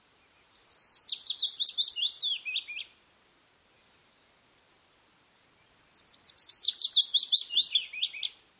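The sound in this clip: Bird twittering, two bright, high phrases of quick chirping notes that fall slightly at the close, separated by about three seconds of silence.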